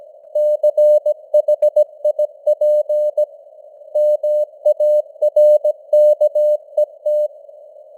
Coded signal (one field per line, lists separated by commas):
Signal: Morse code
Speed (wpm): 17 wpm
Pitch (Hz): 600 Hz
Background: none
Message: CHIP MARKET